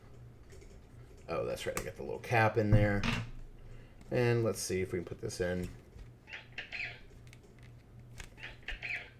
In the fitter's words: there you go you can hear it engage